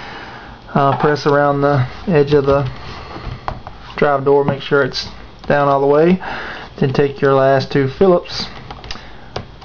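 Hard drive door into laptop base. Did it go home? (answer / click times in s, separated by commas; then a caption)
yes / 3.5 s, 3.7 s. On an Acer TravelMate 2480 laptop, the plastic hard drive door is pressed around its edge into the laptop base while someone talks. Its snaps click down into the case at 3.5 and 3.7 seconds, and the door is seated.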